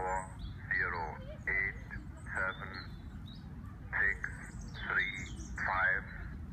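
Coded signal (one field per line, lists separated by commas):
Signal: numbers station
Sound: about six short spoken words at even intervals through shortwave hiss and fading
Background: radio static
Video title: Numbers station on 15615 kHz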